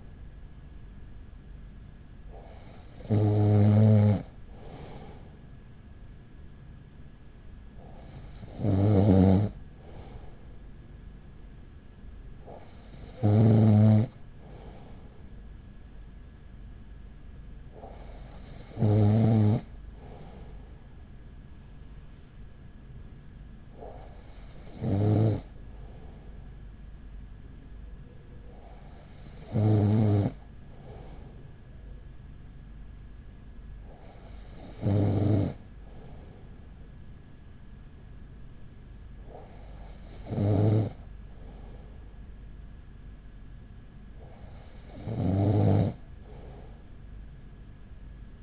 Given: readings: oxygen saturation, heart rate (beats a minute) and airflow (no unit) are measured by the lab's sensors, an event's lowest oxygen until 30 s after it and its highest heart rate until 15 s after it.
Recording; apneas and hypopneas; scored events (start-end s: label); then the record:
breathing in sleep by a smartphone at the bedside; none
none scored
From the record:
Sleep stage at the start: N2 (light sleep); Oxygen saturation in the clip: 94 to 96%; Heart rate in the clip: 39 to 43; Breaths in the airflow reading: 9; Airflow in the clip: -5.7 to 5.1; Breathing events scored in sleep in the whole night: 207 in 7.6 hours asleep